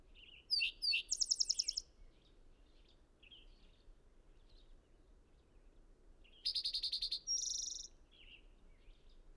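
Bird song in several phrases: scattered high chirps and two fast buzzy trills with sharp whistled notes, over a constant soft hiss.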